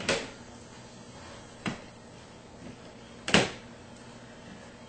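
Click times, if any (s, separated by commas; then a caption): 3.3 s. A right-hand ClimateSeal magnetic window insert panel is set on the sill, lined up on the edges, and pressed into a metal window frame. Two soft knocks come at about 0.1 and 1.7 s. A sharp snap at 3.3 s marks the magnetic edge seating onto the metal frame, a sign of a great fit.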